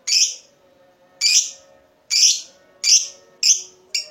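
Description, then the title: Lovebird uttering several harsh, screechy chirps that come slightly closer together, over a faint steady hum. Lovebird whose style makes it look very clever at baiting (memancing). "Dari Gayanya Lovebird Ini Terlihat Pintar Sekali Memancing"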